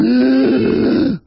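One harsh, strained, voiced in-breath of about a second: an adult's imitation of inspiratory stridor from paralysis of both vocal cords, which stay still and half closed, so air cannot pass freely on breathing in. The cords must open fully for breathing; bilateral paralysis is less common than the one-sided kind.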